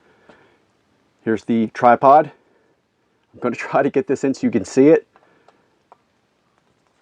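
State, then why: Seated. A folding metal tripod stand is pushed down onto the bottom rim of a camping gas canister. Someone talks, then after a few faint ticks the stand snaps into place with a sharp click at 5.9 s, seated firmly.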